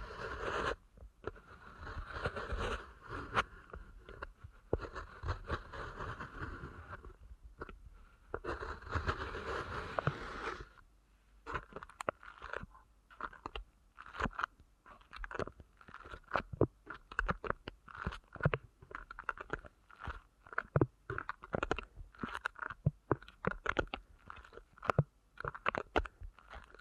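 Ear canal massage sounds: for the first ten seconds, dense crinkly rubbing and crunching in uneven bursts with a low rumble underneath. After that it thins into quick, sharp crackles and clicks, repeated rapidly with short silent gaps between them.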